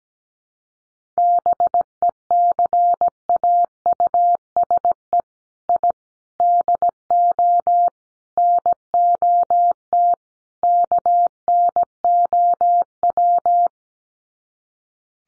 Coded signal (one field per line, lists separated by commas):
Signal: Morse code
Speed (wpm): 17 wpm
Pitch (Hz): 700 Hz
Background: none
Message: BECAUSE I DO NOT KNOW